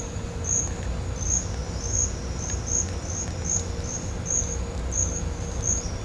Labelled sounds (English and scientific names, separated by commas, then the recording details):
none
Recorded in pastures near Puerto Asís, Putumayo, Colombia, on 18 December 2024 at 10:00
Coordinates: 0.502, -76.324
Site G077